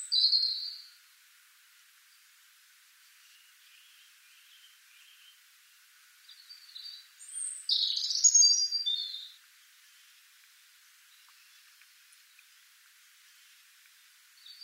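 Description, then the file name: European robin giving short, high, thin warbled phrases, one at the start and a fuller tumbling one midway, with long quiet gaps between. "Erithacus rubecula"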